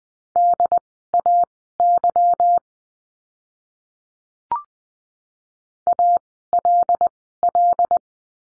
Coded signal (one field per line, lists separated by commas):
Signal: Morse code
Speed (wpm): 20 wpm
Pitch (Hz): 700 Hz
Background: none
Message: DAY ALL